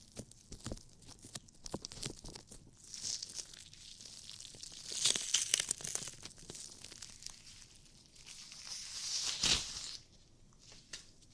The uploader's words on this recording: ASMR Relaxing Ear Cleaning & Ear Attention [NO TALKING].